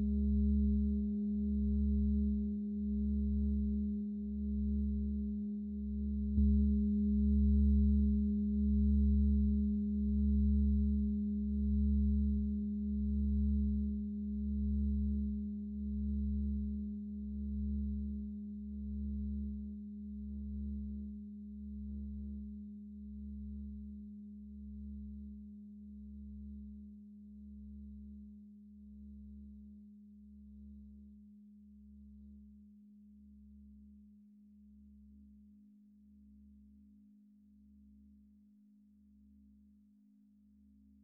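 An antique Tibetan singing bowl rings with a steady low hum and a clear tone above it, plus a faint high overtone. A slow, regular beating pulse throbs through the low part, and the sound gradually fades across the forty seconds, with a slight renewed swell near six seconds.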